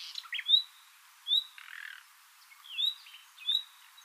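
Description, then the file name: Common nightingale giving a few sparse, slurred whistles, with a rough buzzy note between them. "Luscinia megarhynchos"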